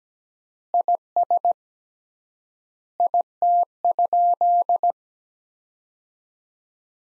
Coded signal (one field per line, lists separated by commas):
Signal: Morse code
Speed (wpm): 17 wpm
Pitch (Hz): 700 Hz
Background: none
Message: IS IT?